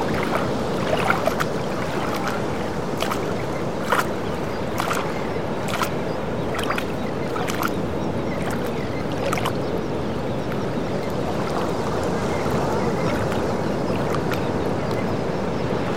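Ocean water churns in a steady, dense rush, with sharp slapping splashes breaking through roughly every second, as if lapping against a hull.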